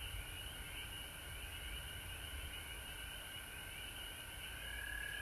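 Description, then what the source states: Many frogs trilling at once in a continuous chorus. Frogs recorded at home in Georgia on March 19, 2020.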